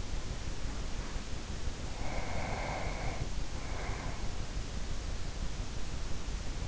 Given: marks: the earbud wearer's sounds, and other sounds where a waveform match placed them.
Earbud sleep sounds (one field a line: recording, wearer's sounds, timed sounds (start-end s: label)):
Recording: sounds in sleep by an in-ear microphone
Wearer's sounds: breath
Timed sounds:
1.73-4.38 s: breath